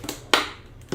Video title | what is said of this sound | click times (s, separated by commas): 💻 PC Building stream -- Full PC Build | see clicked and now it's good or we broke | 0.3 s